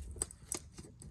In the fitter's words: you push back down it's locked down again